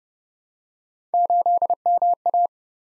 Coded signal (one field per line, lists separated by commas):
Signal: Morse code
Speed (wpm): 30 wpm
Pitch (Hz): 700 Hz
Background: none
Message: 8MA